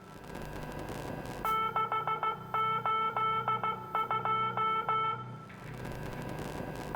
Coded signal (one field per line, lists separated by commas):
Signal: Morse code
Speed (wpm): 14 wpm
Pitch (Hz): 1320 Hz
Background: none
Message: 682